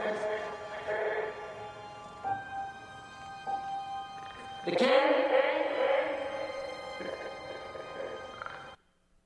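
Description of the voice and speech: The plot line of the movie deals with the king's speech, his literal speech, for in short, he stutters. Stammering over your every word can be frustrating and embarrassing. A man.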